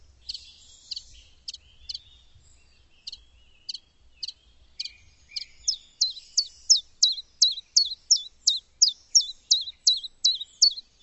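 Bird calls, sharp high chips, sparse at first, then a steady series of louder downslurred notes about every half second.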